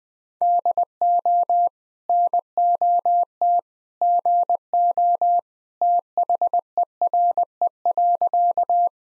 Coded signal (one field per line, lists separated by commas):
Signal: Morse code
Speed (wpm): 20 wpm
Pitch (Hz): 700 Hz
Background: none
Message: DO NOT GO THERE.